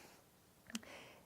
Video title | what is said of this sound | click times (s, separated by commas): Viking EPIC 54 Embroidery Set Up | so then just take your embroidery unit slide it all the way on it will click into place | 0.7 s, 0.8 s